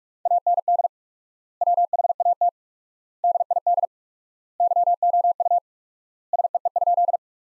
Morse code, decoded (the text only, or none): AND WHAT DID YOU SEE?